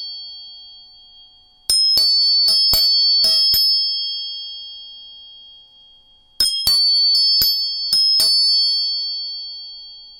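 Three tuning forks ring together in bright, steady high tones, struck in two quick clusters of sharp taps near two and six seconds, then slowly fading.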